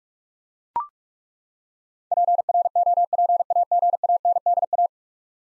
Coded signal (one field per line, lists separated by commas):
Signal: Morse code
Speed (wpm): 41 wpm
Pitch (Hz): 700 Hz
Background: none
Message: PROPAGANDA